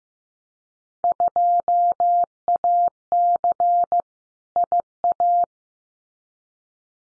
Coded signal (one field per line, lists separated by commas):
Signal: Morse code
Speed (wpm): 15 wpm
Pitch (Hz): 700 Hz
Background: none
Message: 2AC IA